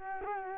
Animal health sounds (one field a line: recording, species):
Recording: mosquito wingbeat signal from an infrared sensor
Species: Culex quinquefasciatus